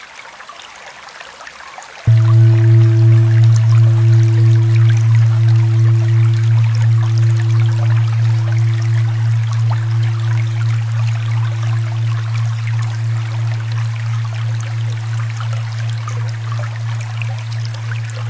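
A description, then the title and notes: A low steady tone near 88.739 Hz switches on abruptly at about two seconds and holds to the end, with a faint upper ringing and a gentle pulsing wobble as it slowly fades. Soft, hissing watery noise runs underneath throughout. 88.739 Hz.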